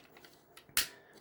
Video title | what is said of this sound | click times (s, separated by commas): Transformers Legacy Nova Prime review/transformation to robot and alt. | you hear that make sure you both clicking both in from that spot right there should let me put these down | 0.8 s